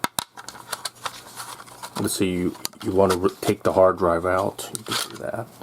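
The release button on a dual 2.5-inch SSD bay adapter in a 5.25-inch drive bay of an HP 8300 Elite CMT is pressed to release and eject the 2.5-inch SSD, with sharp clicks at 0.0 s and 0.2 s. Fainter handling taps follow over the next second, and then someone talks.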